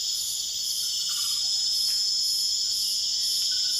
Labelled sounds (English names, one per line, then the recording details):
none
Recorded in secondary vegetation near Puerto Asís, Putumayo, Colombia, on 22 June 2025
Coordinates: 0.488, -76.319
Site G094